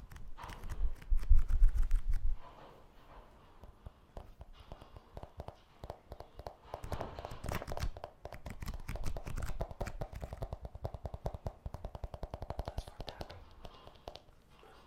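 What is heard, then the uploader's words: Scissors snip through paper and plastic close by, a quick run of sharp crisp clicks repeating at an uneven, fast rhythm. A heavier low rustle and thump fills the first two seconds, then the cutting continues steadily with brief pauses and bursts. Scissors Sounds Cutting Paper and Plastic near you.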